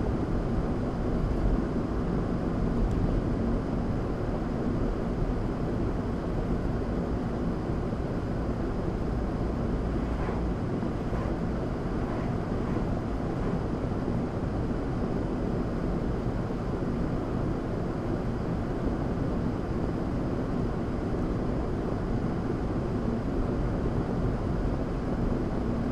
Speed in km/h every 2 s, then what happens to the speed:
77, 76, 74, 72, 72, 76, 76, 76, 77, 76, 76, 76, 79.
0-26 steady at about 76.